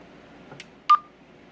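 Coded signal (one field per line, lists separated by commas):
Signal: roger beep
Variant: Stryker roger beep 3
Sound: a couple of soft clicks, then a key-off burst with a short mid-pitched beep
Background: quiet room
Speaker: on Roger beep 3 right now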